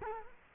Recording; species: mosquito wingbeat signal from an infrared sensor; Culex quinquefasciatus